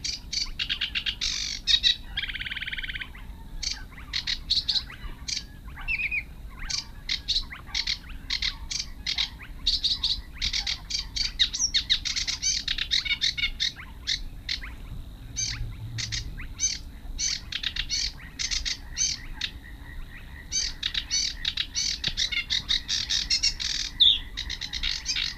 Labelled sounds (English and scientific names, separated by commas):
Sedge Warbler (Acrocephalus schoenobaenus) song